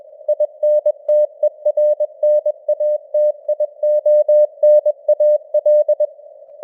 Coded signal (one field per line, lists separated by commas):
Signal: Morse code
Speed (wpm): 21 wpm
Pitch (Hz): 600 Hz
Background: none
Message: INTERNATIONAL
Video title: Morse Code News | 2026-01-08 | 21wpm